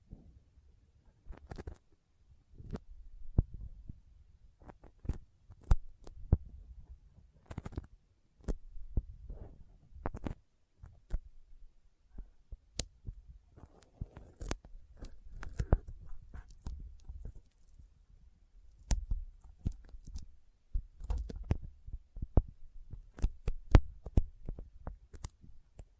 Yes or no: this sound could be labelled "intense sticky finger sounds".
yes